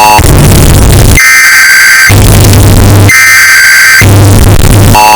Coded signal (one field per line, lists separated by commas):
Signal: Emergency Alert System (SAME) tones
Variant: header bursts